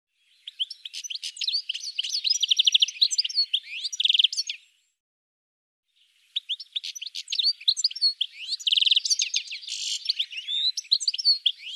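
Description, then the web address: Bird singing a long, fast jumble of high chirps, buzzy trills and sweeps, pausing briefly midway before resuming with similar rapid twittering. "cianscape birddata"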